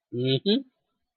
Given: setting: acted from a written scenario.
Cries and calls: vocal sound without words; pride

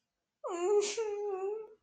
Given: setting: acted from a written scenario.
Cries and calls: vocal sound without words; sadness

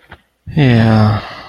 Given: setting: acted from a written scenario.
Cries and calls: vocal sound without words; shame

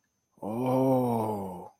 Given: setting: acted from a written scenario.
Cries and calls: vocal sound without words; awe

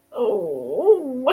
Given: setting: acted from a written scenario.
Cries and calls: vocal sound without words; shame

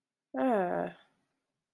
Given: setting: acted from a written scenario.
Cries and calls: vocal sound without words; neutral

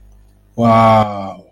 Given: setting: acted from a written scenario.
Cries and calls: vocal sound without words; adoration

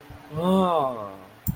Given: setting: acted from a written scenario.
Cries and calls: vocal sound without words; interest

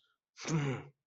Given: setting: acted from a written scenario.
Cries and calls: vocal sound without words; anger

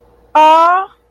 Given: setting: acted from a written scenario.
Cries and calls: vocal sound without words; sympathy

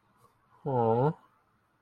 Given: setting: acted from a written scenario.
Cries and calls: vocal sound without words; disappointment

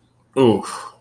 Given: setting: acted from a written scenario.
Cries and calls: vocal sound without words; guilt

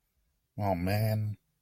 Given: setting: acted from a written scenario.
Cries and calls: vocal sound without words; embarrassment

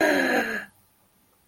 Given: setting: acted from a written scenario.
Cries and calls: vocal sound without words; positive surprise

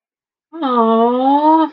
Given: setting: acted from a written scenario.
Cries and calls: vocal sound without words; adoration

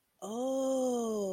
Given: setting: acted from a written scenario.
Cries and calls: vocal sound without words; realization

